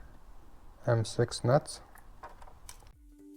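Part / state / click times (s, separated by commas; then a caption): M6 nut on a battery cell terminal stud, tightened with a torque wrench / torque reached / 2.7 s. A torque wrench tightens an M6 nut on a LiFePO4 battery cell terminal stud while someone talks over quiet music. After a couple of faint ticks, the wrench gives a single sharp click at 2.7 s, signalling the nut has reached torque.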